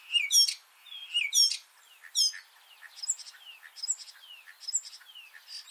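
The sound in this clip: Common starling song: loud whistled slurs with crackly notes, then quieter repeated chirps and squeaks roughly once a second.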